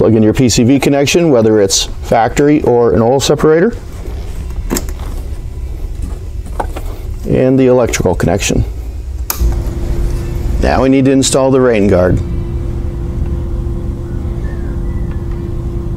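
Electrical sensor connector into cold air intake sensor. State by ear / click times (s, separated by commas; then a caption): seated / 9.3 s. Someone talks while a plastic electrical connector is plugged back into the sensor on a new JLT cold air intake on a Charger/Challenger Hellcat, right after the PCV line is connected. A single sharp click at 9.3 s shows the connector has seated.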